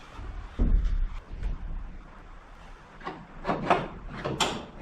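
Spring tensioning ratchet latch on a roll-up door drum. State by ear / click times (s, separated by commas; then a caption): not seated / none. A large nail is used as a lever to tension the torsion spring on a roll-up door drum, working against the spring-tensioning ratchet latch on the back side. Scraping and rubbing handling noises come in bursts, with sharper knocks near 3.1 s and 3.7 s. The latch has not clicked or seated yet.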